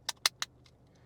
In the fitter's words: until it snaps into place. All right, we have that.